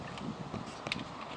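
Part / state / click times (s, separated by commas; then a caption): self-braking rope descender closing on the climbing rope / seated / 0.9 s. A Petzl ID self-braking rope descender, with the climbing rope fed through from bottom to top, is closed on the rope and locks into place. Over steady background noise, a small metallic tick is followed by a sharper click at 0.9 s as it seats.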